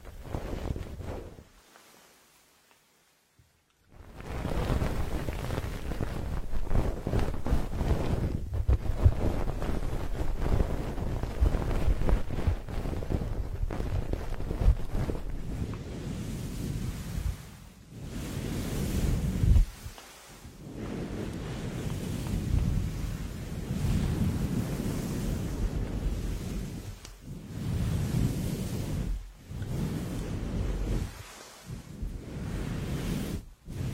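Goose feather plugs in the ears give a thick, low rushing and rubbing, much like wind buffeting a microphone. After a short burst comes about two seconds of near silence. Then the rumble runs on, broken by brief dropouts every few seconds later on.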